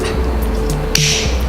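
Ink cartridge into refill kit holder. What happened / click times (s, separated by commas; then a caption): The ink cartridge clicked home in its holder / 0.9 s. An HP series 678 ink cartridge is fitted into the holder of an HP refill kit over steady background music. A softer knock at 0.7 s precedes one loud, sharp click at 1.0 s as the cartridge seats exactly right and locks in place.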